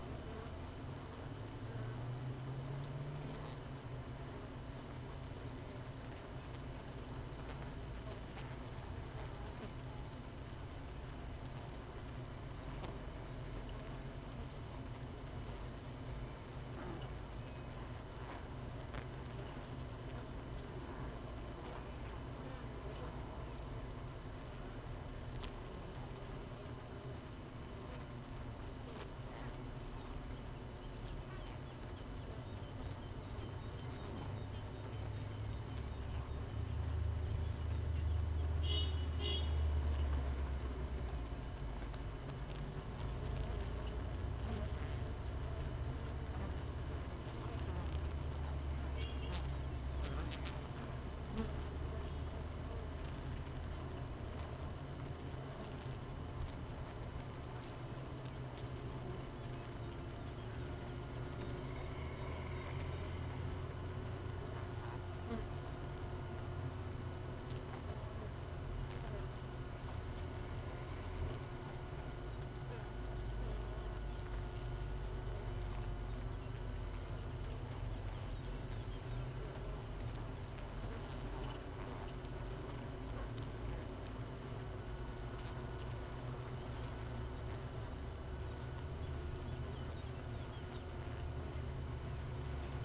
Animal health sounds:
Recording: honeybee colony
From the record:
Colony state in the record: missing queen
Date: 31 May 2018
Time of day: 6:10

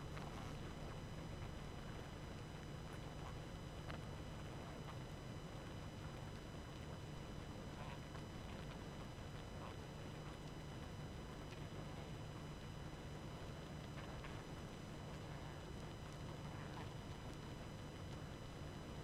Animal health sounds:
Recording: honeybee colony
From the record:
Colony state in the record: active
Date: 12 June 2018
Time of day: 23:56

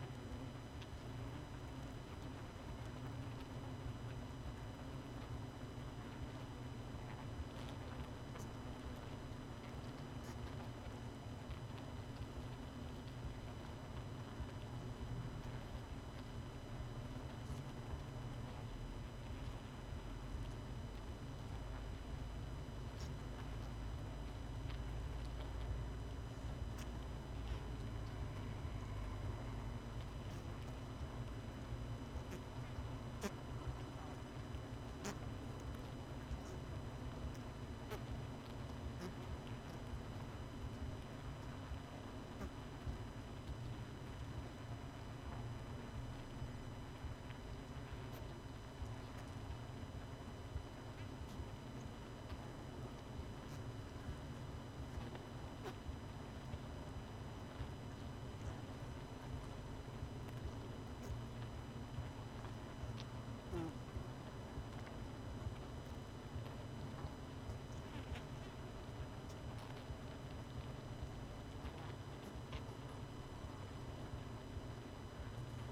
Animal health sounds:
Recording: honeybee colony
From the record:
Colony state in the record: missing queen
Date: 31 May 2018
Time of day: 20:40

